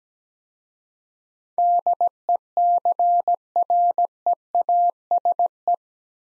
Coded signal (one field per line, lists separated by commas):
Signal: Morse code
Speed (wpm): 17 wpm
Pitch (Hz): 700 Hz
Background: none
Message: DECREASE